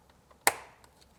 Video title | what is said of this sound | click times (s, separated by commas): How To: S55 Chargepipes Hot + Cold Side DIY Tutorial BMW F80 F82 F87 M3 M4 M2 | which also Clips in and you you should hear two audible clicks | 0.5 s